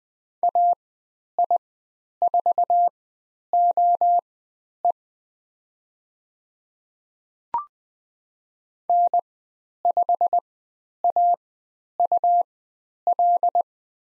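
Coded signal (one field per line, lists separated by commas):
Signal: Morse code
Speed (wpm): 20 wpm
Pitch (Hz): 700 Hz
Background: none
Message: AI4OE N5AUL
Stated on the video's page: Morse code lesson on the letter M with call signs, Farnsworth speed 20/10 wpm.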